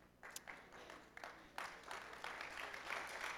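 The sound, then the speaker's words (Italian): A church audience applauds a haircut: dense, crackling clapping that starts scattered, then swells into a steady, fairly soft wash of many hands, growing fuller toward the end with no voices standing out. “Questo era un applauso per il taglio di capelli, grazie.”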